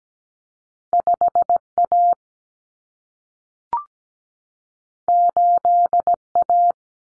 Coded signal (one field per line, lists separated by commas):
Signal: Morse code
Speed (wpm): 17 wpm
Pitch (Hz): 700 Hz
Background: none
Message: 5A 8A